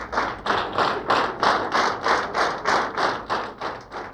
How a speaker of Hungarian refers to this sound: Nagyon köszönjük ezeket a ütemes tapsokat. Tisztára olyan, mint tegnap este a sportcsarnokban.